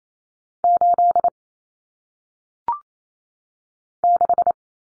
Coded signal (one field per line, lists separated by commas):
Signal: Morse code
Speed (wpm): 28 wpm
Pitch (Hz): 700 Hz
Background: none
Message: 8 6